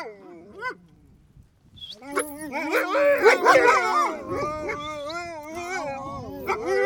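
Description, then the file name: Sled dogs whining together, many wavering tones overlapping continuously after a brief quieter start. Sled dogs whining; stereo recording. "freesound sled dogs bark and whine"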